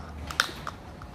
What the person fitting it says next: encaja perfectamente